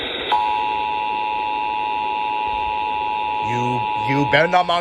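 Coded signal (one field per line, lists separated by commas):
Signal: Emergency Alert System (SAME) tones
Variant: 853 and 960 Hz attention tone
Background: speech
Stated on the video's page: Required monthly test relayed on four New Jersey broadcast stations, FM and AM.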